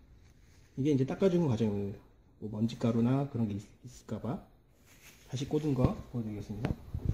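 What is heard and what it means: Someone talks while a wiped ink cartridge is brought back to be reinserted, without force and nozzle end first, into an inkjet date coder used with a spout pouch packaging machine. Only faint, brief ticks come right at the end of the clip, around 7.1 s. The cartridge has not yet seated or clicked into place.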